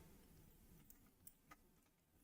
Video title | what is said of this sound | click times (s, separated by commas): Building 2x Force Burner Snowspeeder 75414 & recolouring one for Hoth #Shorts | Fairly fairly difficult to try and click that in. And there you go. | 1.3 s